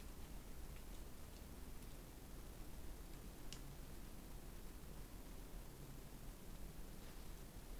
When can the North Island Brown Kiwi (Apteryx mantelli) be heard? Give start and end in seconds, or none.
none